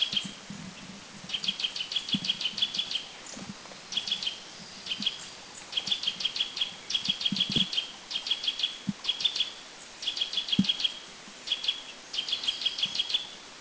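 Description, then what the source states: Eurasian nuthatch trilling calls, fast bursts of sharp high notes repeated in short series every second or so, over steady low background noise. Taiwan, Bedongyueshan, April 2010.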